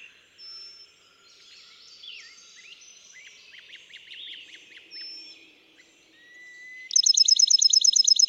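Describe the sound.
Bachman's sparrow singing at the end: a sustained whistle rising slightly, then a fast ringing trill, after several seconds of assorted chirps and whistles.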